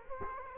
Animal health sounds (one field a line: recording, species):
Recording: mosquito wingbeat signal from an infrared sensor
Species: Culex quinquefasciatus